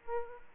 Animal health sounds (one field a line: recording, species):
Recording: mosquito wingbeat signal from an infrared sensor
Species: Aedes aegypti